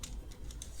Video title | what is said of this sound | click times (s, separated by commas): 5 Super Useful Daily Life Items - Save Time & Filament — All 3D Printed! -- BAMBU LABS -- MAKERWORLD | ప్రాపర్గా lock అయిపోతుంది. | 0.0 s, 0.6 s